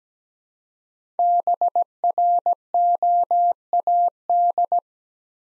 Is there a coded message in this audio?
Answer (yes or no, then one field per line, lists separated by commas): yes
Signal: Morse code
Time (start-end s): 1.2-4.8 s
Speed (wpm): 17 wpm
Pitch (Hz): 700 Hz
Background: none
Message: BROAD